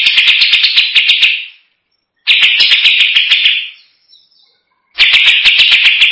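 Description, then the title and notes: Greater green leafbird song: loud, dense rattling phrases of rapid high notes, each lasting about a second and a half, separated by short silent pauses. Champion songbird. "Kicau Burung Cucak Ijo Juara. Suara kicauan burung cucak ijo"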